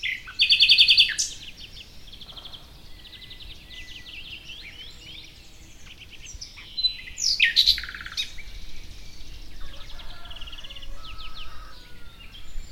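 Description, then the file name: Common nightingale pours out loud rapid trills and whistled notes in two main phrases, with softer notes between. "Luscinia megarhynchos"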